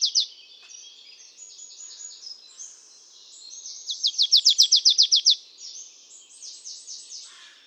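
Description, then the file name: Marsh tit giving a quick, even series of high ringing notes amid busy twittering and chirping. "Poecile palustris"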